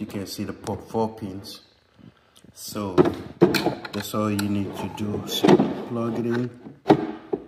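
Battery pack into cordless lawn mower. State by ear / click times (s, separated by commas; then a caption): seated / 6.9 s. A battery pack for a POWER SMART cordless lawn mower is plugged into its slot onto four pins while someone talks. A sharp snap at 6.9 s marks it locking in, and the battery is seated.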